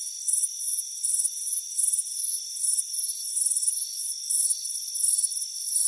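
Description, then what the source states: Crickets chirping in short high-pitched bursts in quick succession, with a steady ringing hum underneath and no other sounds. Crickets chirping on a warm afternoon at a front porch.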